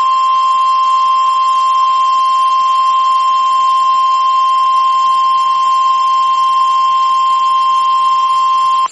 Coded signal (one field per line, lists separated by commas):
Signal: Emergency Alert System (SAME) tones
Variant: 1050 Hz attention tone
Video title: The Dixie Alley Terror| EAS #52-#56